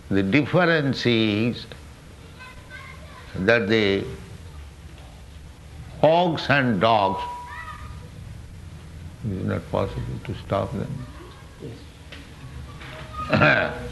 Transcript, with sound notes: The difference is that the hogs and dogs... [children shouting outside] It is not possible to stop them?